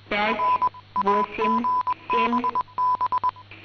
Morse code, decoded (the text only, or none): NAGBB